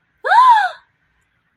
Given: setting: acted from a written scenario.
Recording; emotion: vocal sound without words; positive surprise